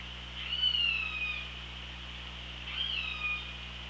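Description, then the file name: Orca calls: two harmonic, squealing calls about two seconds apart, each starting with a short upsweep and then sliding down, over continuous background hiss and a low drone. Hydrophone, 24 August 2017. "Orca Lab"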